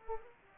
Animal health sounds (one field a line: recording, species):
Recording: mosquito wingbeat signal from an infrared sensor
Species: Culex pipiens